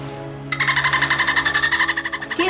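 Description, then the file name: Dolphin burst-pulse sound, a rapid, buzzy train of clicks lasting about two seconds over a steady low hum. "DELFIN"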